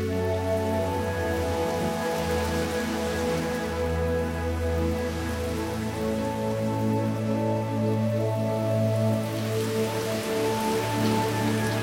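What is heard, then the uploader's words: Steady, dense rain hiss runs throughout, layered over a deep sustained hum with shifting low tones, at an even, unchanging loudness. Meditation Rain.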